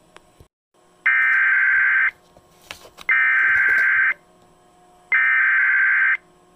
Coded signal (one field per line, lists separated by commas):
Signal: Emergency Alert System (SAME) tones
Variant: header bursts